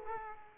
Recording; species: mosquito wingbeat signal from an infrared sensor; Aedes aegypti